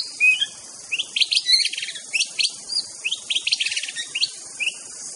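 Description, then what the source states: White-rumped shama song of fast, bright chirping phrases repeated in quick succession, over a steady high hiss. Wild bird singing in forest; natural, original song (Indonesian name murai batu).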